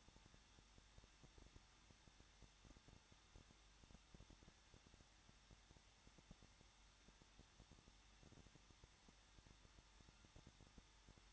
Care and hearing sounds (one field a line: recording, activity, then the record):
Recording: daily activity, microphone in the room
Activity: no activity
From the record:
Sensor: 3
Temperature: 21.2 degrees Celsius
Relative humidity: 36.4%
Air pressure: 1006.4 hPa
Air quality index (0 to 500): 223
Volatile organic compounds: 43 ppm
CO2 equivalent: 3191 ppm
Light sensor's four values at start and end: 2/3/2/2 and 2/3/2/2